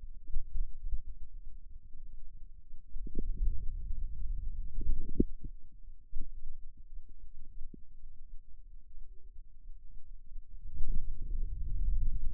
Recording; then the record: forearm muscle sounds (acoustic myography)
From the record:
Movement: wrist flexion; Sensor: system 2, bracelet of six BSWA MPA416 microphones around the upper forearm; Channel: 3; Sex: male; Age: 22 years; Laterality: right